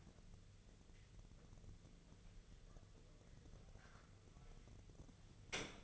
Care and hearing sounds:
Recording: daily activity, microphone in the room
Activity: wipe stove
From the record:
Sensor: 4

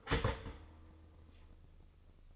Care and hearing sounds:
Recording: daily activity, microphone in the room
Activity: start toaster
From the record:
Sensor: 4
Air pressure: 1007.8 hPa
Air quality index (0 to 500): 103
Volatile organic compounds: 1 ppm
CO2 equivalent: 763 ppm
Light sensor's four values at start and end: 9/20/8/8 and 9/20/8/8

